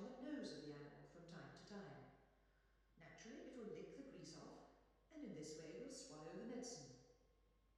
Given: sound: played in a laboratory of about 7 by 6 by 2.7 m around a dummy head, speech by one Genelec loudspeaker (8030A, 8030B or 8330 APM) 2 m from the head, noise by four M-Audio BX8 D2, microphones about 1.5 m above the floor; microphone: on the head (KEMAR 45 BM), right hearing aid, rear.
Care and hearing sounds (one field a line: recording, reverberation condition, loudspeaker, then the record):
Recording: female speech in English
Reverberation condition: high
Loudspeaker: in front (0 degrees)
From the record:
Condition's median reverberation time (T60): about 1300 ms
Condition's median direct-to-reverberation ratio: about -4.0 dB